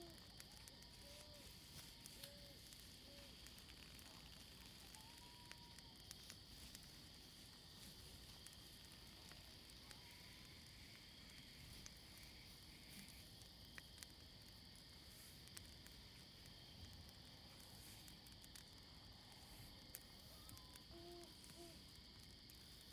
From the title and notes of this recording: The soothing sounds of a campfire. In the middle of the beautiful countryside. Campfire sounds, a soft breeze and nature sounds.